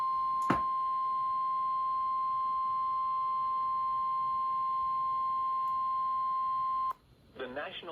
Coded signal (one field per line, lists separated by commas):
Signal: Emergency Alert System (SAME) tones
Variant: 1050 Hz attention tone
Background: speech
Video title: EAS 269 - Severe Thunderstorm Warning